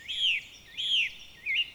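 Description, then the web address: Bird calling with three clear whistled notes about three quarters of a second apart, each held and then dropping at the end, the last one shorter, over steady background hiss. "Oiseaux"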